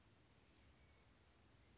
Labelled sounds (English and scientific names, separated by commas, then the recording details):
Oak Titmouse (Baeolophus inornatus)
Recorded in Sonoma County, California